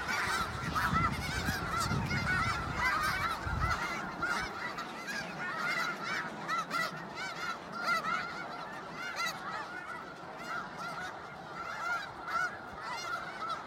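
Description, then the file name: Snow goose chorus of busy, overlapping honks and barking yelps from many birds, with a low rumble during the first four seconds. "Canto do gansos da neve"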